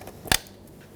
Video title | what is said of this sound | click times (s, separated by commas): How to Replace Front Exterior Door Handles 2011-2016 Ford F-350 Super Duty | We're going to want to press it in until it locks in place. | 0.3 s